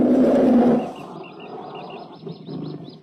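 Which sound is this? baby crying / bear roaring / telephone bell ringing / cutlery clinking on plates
bear roaring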